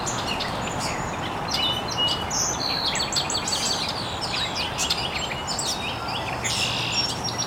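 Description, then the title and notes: Birds chirping, frequent high chirps and trills throughout, with continuous background hiss. Birds chirping very early in the morning in an estuary. "Birds Chirping in the Early Morning. Original sounds of birds chirping very early in the morning in an estuary"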